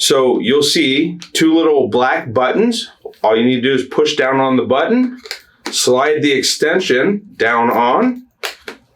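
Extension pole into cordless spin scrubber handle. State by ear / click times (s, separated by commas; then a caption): seated / 8.7 s. Someone talks while pressing the black push-button and sliding a plastic extension pole onto the handle body of a Diamond Shine cordless spin scrubber. After a small fumble, the spring button snaps into its hole with a sharp click at 8.7 s, locking the extension pole into place.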